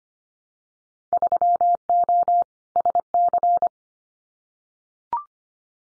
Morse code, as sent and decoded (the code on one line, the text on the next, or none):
...-- --- / ... -.-.
3O SC